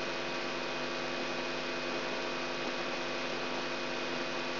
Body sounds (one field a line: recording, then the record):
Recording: brain microelectrode recording played as sound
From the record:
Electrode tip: outside the subthalamic nucleus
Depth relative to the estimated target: -6 mm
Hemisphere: right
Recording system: AlphaMap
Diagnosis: Parkinson's disease